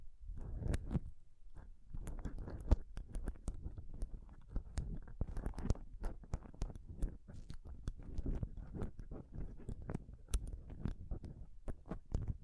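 Scratching and touching right on a microphone, a dense, restless run of rough rubs and scrapes with no pauses. Sharp ticks and clicks pop out often, louder ones near 3 and 10 seconds, over a constant low, thumping rumble.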